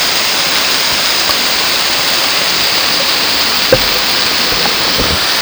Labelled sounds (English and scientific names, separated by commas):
none